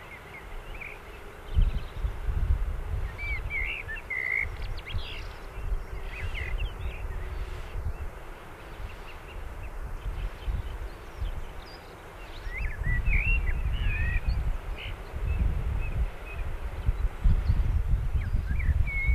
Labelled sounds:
Common Blackbird (Turdus merula) song

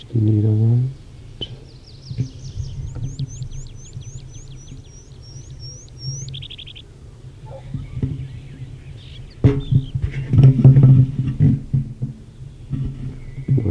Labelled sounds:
Tree Pipit (Anthus trivialis) song

